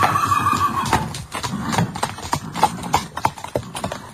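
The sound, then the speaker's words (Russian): A horse harnessed to a tarantas carriage lets out a high, wavering whinny that slides downward, followed by an uneven run of sharp hoof clip-clops as the driver strikes the horses, with no voices. “Затем он сел в тарантас и со странным выражением, точно боясь погони, ударил по лошадям.”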